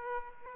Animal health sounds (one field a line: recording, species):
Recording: mosquito wingbeat signal from an infrared sensor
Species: Aedes aegypti